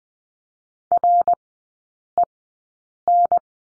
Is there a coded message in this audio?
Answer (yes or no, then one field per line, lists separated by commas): yes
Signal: Morse code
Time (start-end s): 0.9-3.4 s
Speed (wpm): 20 wpm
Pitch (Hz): 700 Hz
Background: none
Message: REN